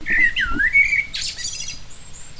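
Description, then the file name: Common blackbird calls: a squawky, sliding whistled note wavering up and down, followed by a short harsh burst, then quiet. "Turdus merula"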